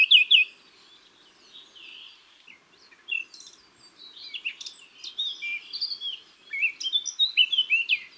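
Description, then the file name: Eurasian blackcap song, a loud scratchy opening then rapid, varied warbled phrases that grow busier and louder toward the end. "Sylvia atricapilla"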